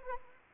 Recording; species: mosquito wingbeat signal from an infrared sensor; Anopheles arabiensis